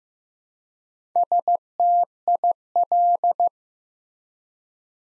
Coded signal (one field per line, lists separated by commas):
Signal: Morse code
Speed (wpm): 15 wpm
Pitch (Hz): 700 Hz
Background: none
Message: STIL